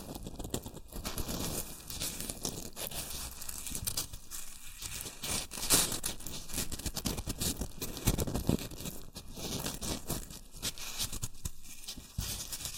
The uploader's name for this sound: Rustling and Crinkle Sounds (Shredded Tissue, Packing Peanuts)